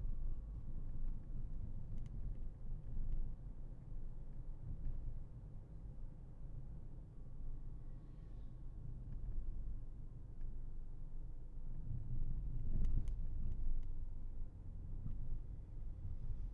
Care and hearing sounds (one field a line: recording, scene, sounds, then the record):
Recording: everyday scene through a hearing-aid microphone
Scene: in a vehicle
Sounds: engine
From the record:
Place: Berlingo II, diesel engine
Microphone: behind the ear, left, rear